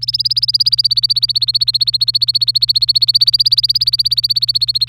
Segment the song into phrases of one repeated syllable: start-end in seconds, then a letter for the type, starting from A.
0.02-4.88 A